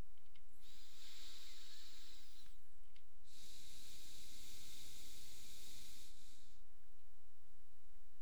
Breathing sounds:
nose breathing near a microphone
0.28-2.88 s: inhalation
2.88-6.88 s: exhalation
From the record:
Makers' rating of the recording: medium

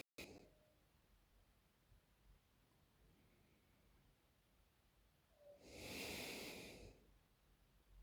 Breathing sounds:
nose breathing near a microphone
0.00-0.71 s: exhalation
2.59-5.54 s: inhalation
5.54-7.03 s: exhalation
From the record:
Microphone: phone

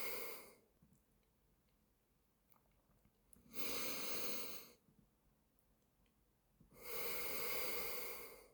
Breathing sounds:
nose breathing near a microphone
0.00-0.71 s: exhalation
3.26-4.76 s: inhalation
6.51-8.54 s: exhalation
From the record:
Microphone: phone

